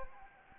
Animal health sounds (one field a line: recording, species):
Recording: mosquito wingbeat signal from an infrared sensor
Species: Anopheles gambiae